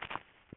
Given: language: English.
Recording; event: throat vibration sensor signal played as sound; swallow